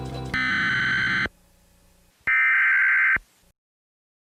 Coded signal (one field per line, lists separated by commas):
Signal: Emergency Alert System (SAME) tones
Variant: header bursts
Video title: [EAS YTP] Severe Flash Tornado Thunderstorm Warning